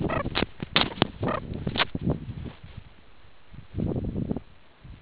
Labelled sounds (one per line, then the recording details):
meerkat close call
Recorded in the Kuruman River Reserve, South Africa
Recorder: an audio tag on a meerkat's collar